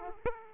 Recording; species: mosquito wingbeat signal from an infrared sensor; Aedes aegypti